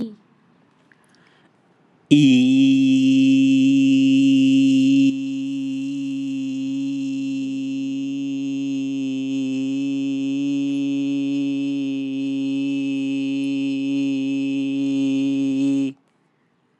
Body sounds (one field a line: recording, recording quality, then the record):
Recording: sustained vowel as in beet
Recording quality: excellent, no background noise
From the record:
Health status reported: healthy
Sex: male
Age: 29 years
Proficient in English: yes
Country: India